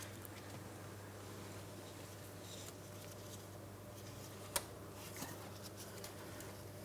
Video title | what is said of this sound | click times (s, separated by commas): How to Replace Engine Oil Pressure Switch 2004-2008 Pontiac Grand Prix (3.8L) | press it in, listen for a click, and make sure it's secure. | 4.6 s